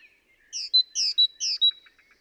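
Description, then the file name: Great tit giving three high, sharp two-part notes in quick succession, each a downslurred burst ending in a thin whistle. "Parus major"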